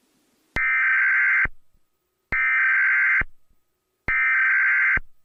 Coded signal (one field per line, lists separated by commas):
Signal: Emergency Alert System (SAME) tones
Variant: header bursts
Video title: EAS Scenario #3 - The Lightspeed Megatornado